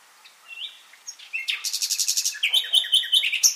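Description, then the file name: Common nightingale song: soft slurred notes build into a loud, rapid series of repeated high pulses and bright, ringing whistled notes. "Luscinia megarhynchos"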